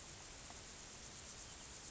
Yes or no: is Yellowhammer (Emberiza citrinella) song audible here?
no